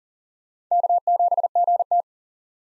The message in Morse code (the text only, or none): K7GT